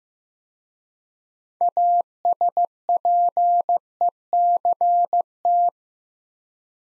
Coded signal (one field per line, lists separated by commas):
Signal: Morse code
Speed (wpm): 15 wpm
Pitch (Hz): 700 Hz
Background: none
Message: ASPECT